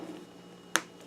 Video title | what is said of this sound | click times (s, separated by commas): Crochet Basics 138 Extended Witch Ami Free Pattern for Beginners By K.Jolie Kawii Doll | so I don't know if you heard the snap because I'm | 0.8 s